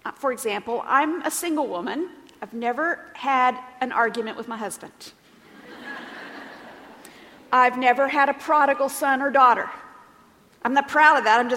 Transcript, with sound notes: For example, I'm a single woman; I've never had an argument with my husband. (laughter) I've never had a prodigal son or daughter. I'm not proud of that;